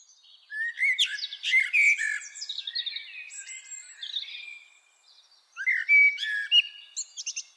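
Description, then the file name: Common blackbird singing a long rich warble with high chattering notes, then after a short gap a second fluty phrase with a twittered ending. "Turdus merula"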